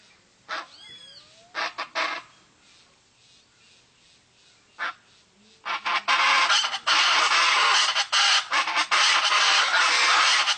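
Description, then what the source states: Chaco chachalaca calls, scattered harsh notes and a thin whistled sound, then a loud continuous rasping chorus. Pantanal.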